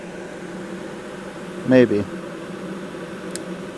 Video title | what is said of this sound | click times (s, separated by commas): Xbox Series X Controller drift fix and repair | there we go should click in good | 3.3 s